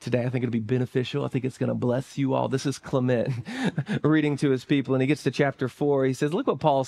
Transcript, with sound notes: I think it'll be beneficial. I think it's going to bless you all. This is Clement [laughter] reading to his people. And he gets to chapter four. He says, "Look what Paul said.